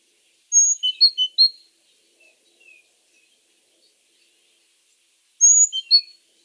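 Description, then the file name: Great tit calls: a short cluster of sharp, high, bright notes, a few faint notes after it, then a second similar cluster several seconds later. "Parus major"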